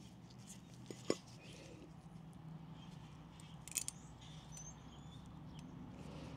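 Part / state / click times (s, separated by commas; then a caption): metal brake pad clip into caliper bracket / seated / 3.9 s. A metal anti-rattle or abutment brake pad clip is pushed onto the caliper bracket on the rear brake of a Land Rover LR4/LR3, over a steady low hum. A faint tick at 0.9 s and a sharper tap at 1.1 s are followed by a quick cluster of small metallic clicks, ending in the clip snapping into place at 3.9 s. The clip is confirmed seated.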